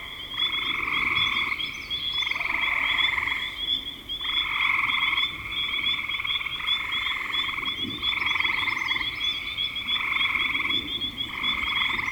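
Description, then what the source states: Frog chorus of repeated pulsed trills, each lasting one to two seconds and overlapping, over a constant high ticking tone with occasional faint high chirps. Frogs calling in spring 2025.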